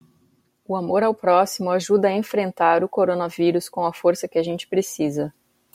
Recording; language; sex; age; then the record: spoken sentence; Brazilian Portuguese; female; 30 to 39 years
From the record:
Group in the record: control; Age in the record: 39 years